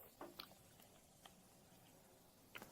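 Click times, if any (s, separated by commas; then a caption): none. A plastic half of a replacement Volkswagen smart key housing is handled over the rubber button pad and internals of the car smart key. Faint plastic taps and ticks come at about 0.2, 0.4, 1.3 and 2.6 seconds over a low background. Nothing has seated or clicked into place yet.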